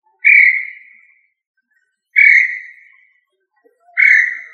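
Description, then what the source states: Quail giving three clear whistled notes that fade away, spaced about two seconds apart, against a quiet background. Placed in the family Tinamidae; Indonesian local name puyuh.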